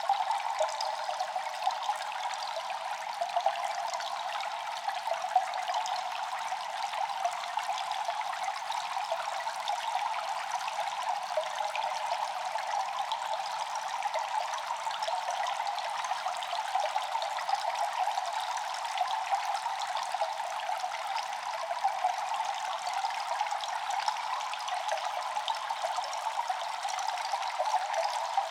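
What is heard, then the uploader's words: Water runs steadily through an echoey cave, a dense, even trickle and splash that never lets up across the clip. The sound sits mostly in the middle and upper range with a hissing spray on top, and almost nothing low underneath. Echoey Water Cave Ambient Noise.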